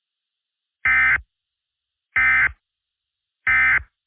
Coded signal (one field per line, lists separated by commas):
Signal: Emergency Alert System (SAME) tones